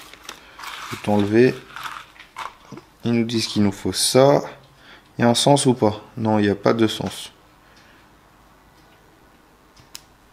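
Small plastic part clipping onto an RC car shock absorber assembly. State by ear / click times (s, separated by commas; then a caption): seated / 10.0 s. During bag F assembly of a 2016 Kyosho Optima RC car, a small plastic kit part is pushed onto its mating piece in the shock absorber assembly after it is checked and found to have no orientation. Someone talks for about the first seven seconds, followed by quiet handling. A single sharp click at 10.0 s marks the part clipping into place.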